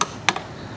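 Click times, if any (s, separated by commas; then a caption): 0.3 s. A torque wrench on the CVT clutch nut of a Honda ADV 160 gives a sharp metallic click at 0.3 s, meaning the set torque value has been reached. A brief tick opens the clip, and a softer tick follows just after the main click.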